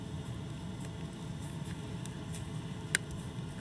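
A threaded cap is screwed by hand onto an outdoor low-voltage landscape lighting cable connector adapter, making a steady low scuffing and grinding with a few faint ticks. A sharp, bright click at 3.0 s marks the cap seating home, releasing the dielectric grease inside for a tight connection.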